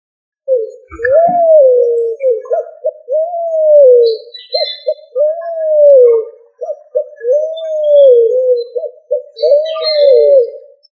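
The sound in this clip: Pigeon cooing, a run of soft low rolling coos, each swelling and falling, with short stuttering notes between, repeated steadily for about ten seconds.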